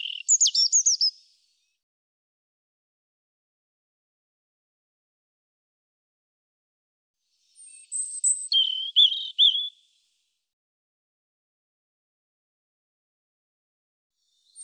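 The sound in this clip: European robin song in two short high phrases, a brief twittery burst at the start and another around eight seconds, separated by long silence.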